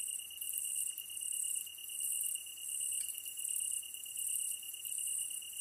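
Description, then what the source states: Tree cricket holding a constant high trill, while a wash of higher insect noise swells and fades every second or so. Recorded 15 August 2010 at 22:39; the ezo-tsuyumushi katydid is also named for the recording.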